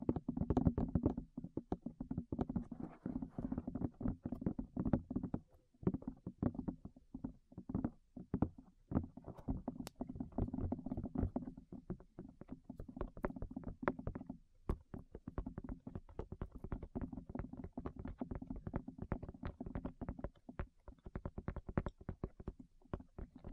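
Rapid tapping on the ears, a dense run of soft, muffled thumps with a low, hollow body and crisp clicks on top. The pace stays quick and uneven throughout, pausing briefly near six and fifteen seconds before resuming.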